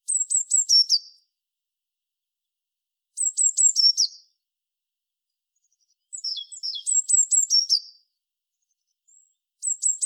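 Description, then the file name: Eurasian blue tit repeats high, thin note series that drop into a short buzzy trill, several bursts with brief pauses and some sharper scattered notes. "Cyanistes caeruleus"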